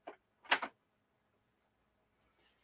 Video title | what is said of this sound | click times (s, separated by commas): Welcome to Monday's Daily Deals with host Cyrus Webb on Amazon LIVE | and then close it back up and again it snaps into place | 0.5 s